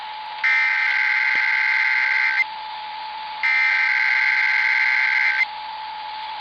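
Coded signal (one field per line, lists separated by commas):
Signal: Emergency Alert System (SAME) tones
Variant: header bursts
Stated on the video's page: EAS tests received from multiple monitoring stations.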